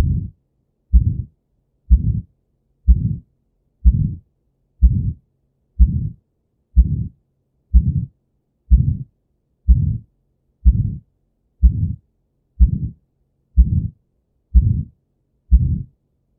Aortic stenosis: an ejection systolic murmur which radiates to the carotids.